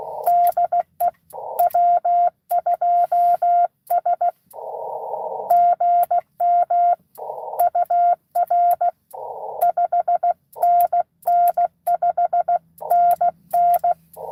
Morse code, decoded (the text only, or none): DE W2S GM UR 5NN 5NN